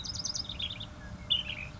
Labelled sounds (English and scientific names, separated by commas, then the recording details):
Ash-throated Flycatcher (Myiarchus cinerascens)
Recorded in Sonoma County, California